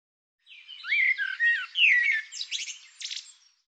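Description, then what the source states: Bird song phrase of about three seconds: warbled slurred whistles at the start giving way to scratchy, buzzy pulses at the end, against silence. Bird labelled "Tu Me".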